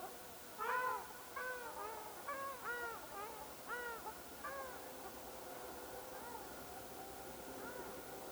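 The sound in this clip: Ruddy shelduck honking: a loud first call, then a series of nasal, arched honks that fade away.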